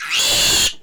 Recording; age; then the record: pig call; piglet (1 to 25 days)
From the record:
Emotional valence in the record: negative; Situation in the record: castration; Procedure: castration, shear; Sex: male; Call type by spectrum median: high-frequency call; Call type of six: high-frequency modulated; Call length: 0.83 s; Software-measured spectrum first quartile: 3070 Hz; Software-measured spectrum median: 4450 Hz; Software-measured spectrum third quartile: 7197 Hz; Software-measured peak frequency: 3414 Hz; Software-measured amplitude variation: 82 dB a second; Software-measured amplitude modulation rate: 25.7 a second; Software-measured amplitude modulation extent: 3.2 dB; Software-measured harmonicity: 0.7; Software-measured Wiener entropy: -1.77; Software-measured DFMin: 779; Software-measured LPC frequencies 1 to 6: 799, 1691, 2766, 3374, 4328, 6748 Hz